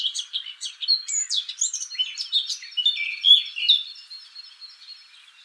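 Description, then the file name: Eurasian blackcap song: a rapid, varied warble of scratchy and sweet notes, with brighter, louder fluty phrases near the middle that fade toward the end. "Sylvia atricapilla"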